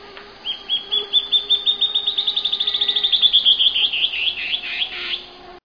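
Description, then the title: Band-tailed antbird singing a long series of high notes that speeds up and climbs in pitch, ending in a few harsher notes; a faint steady low hum underneath. "LuckyPassaro Completos2Sama. Band-tailed Antbird (Hypocnemoides maculicauda)"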